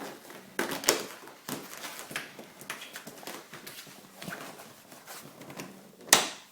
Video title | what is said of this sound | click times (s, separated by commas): Miata Tonneau Install | that's snapped in place. | 6.1 s